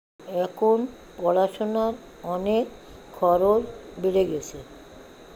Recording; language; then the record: elicited speech; Bengali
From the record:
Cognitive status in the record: dementia